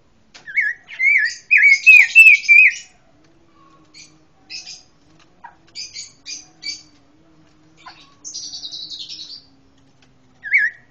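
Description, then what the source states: Pancawarna: songbird singing a run of wavering whistled notes, then scattered buzzy chirps and a rasping trill, ending with another short whistle. Song described as having strong tembakan (rapid bursts).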